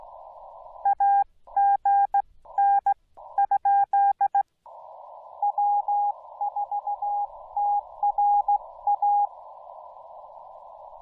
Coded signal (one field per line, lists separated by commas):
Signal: Morse code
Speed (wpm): 15 wpm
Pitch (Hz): 810 Hz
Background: none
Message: AGN ? W4TRA